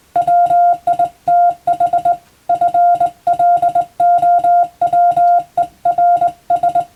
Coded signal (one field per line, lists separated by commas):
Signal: Morse code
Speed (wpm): 22 wpm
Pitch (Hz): 700 Hz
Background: music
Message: WITH FLOWERS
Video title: モールス信号を操る匠の技！スマホ時代の今でも行われている国家試験の練習風景です。アマチュア無線ハムの受信練習にもどうぞ(morse code practice for radio operator )